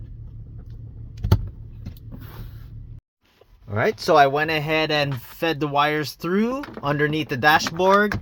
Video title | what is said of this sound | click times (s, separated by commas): How to install Eonon P5 Portable Wireless Carplay Android Auto | go ahead and place it where you want to mount and then just lock into place | 1.3 s